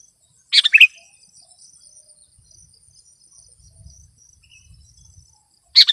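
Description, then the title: Sooty-headed bulbul giving one short, bubbly phrase of quick slurred notes, then quiet, with a second phrase starting at the very end over a faint high whine. "kutilang"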